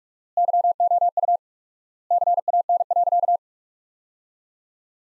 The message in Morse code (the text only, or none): YOU CAN.